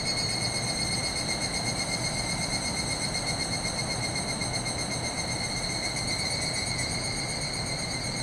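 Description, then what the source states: Evening cicada chorus, a dense high ringing with rapid pulsing, steady in level, over a continuous low rumble of rushing water. Chorus calling back and forth in forest after sunset, 31 July 2020, end of rainy season after heavy rain; distant swollen river roaring; recorded with ZOOM H6 and Sennheiser MKH8020.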